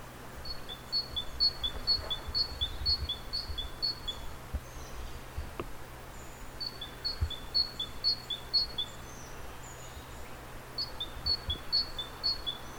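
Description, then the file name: Great tit song, repeated high two-note phrases in bursts alternating upper and lower notes, over a steady low hum and background noise. "Parus major"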